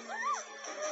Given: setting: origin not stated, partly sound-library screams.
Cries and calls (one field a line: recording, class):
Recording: one-second piece from a danger detection set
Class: woman in danger